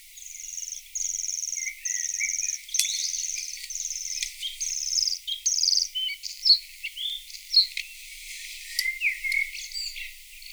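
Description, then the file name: Bluethroat song: a run of even, buzzy high notes with short gaps, then a quick mix of varied twitters, clicks and sharp whistles. Played back. "Blaahals"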